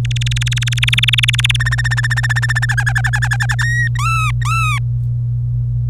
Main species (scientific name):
Serinus canaria